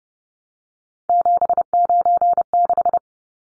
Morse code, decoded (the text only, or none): 796